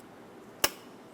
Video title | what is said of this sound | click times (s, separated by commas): How to Replace Mass Air Flow Sensor 2000-2006 Toyota Tundra | the connector onto the sensor, push until you hear a click. | 0.6 s